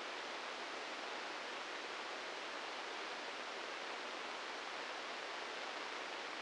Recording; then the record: brain microelectrode recording played as sound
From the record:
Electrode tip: inside the subthalamic nucleus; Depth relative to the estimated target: 1 mm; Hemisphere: right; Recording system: NeuroSet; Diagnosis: Parkinson's disease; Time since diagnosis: 15 years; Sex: female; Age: 59 years